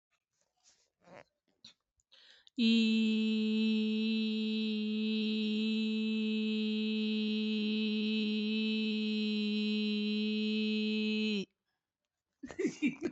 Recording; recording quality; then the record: sustained vowel as in beet; excellent, no background noise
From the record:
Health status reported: recovered from COVID-19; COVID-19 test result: positive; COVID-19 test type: RT-PCR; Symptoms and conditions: cough, cold, sore throat, muscle pain, diabetes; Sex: female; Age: 42 years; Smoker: no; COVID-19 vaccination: both doses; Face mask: worn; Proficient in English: yes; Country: India